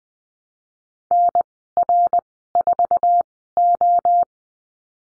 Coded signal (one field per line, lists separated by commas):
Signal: Morse code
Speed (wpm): 20 wpm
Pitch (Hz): 700 Hz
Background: none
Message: NR4O